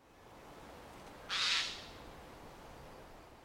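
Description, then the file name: Eurasian jay giving a single harsh, rasping screech lasting about half a second, against a quiet steady background hiss. "Garrulus glandarius"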